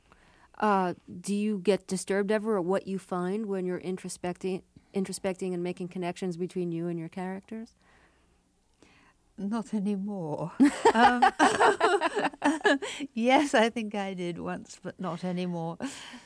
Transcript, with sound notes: Do you get disturbed ever at what you find when you're introspecting and making connections between you and your characters?
Not anymore.
(LAUGHTER)
Yes, I think I did once but not anymore.